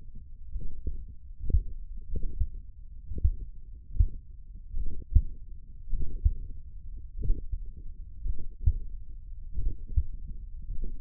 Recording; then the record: forearm muscle sounds (acoustic myography)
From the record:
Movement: finger pinch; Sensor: system 1, eight BSWA MPA416 microphones around the upper forearm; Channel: 6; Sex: male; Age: 42 years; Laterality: right